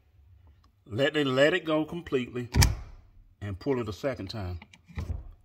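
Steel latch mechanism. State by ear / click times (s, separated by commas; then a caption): released / 5.0 s. Someone talks while the interior hood release lever is let go completely and then pulled a second time. The car hood's secondary latch releases with a single click at 4.9 s, freeing the hood.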